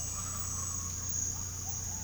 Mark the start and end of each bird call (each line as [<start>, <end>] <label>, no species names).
[0.00, 1.14] bird call